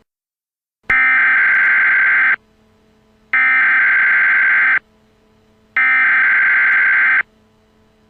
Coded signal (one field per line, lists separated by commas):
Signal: Emergency Alert System (SAME) tones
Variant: header bursts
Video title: Tornado Warning/Emergency: Raleigh & Cary NC